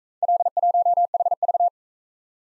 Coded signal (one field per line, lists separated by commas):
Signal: Morse code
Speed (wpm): 38 wpm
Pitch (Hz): 700 Hz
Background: none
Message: L1HV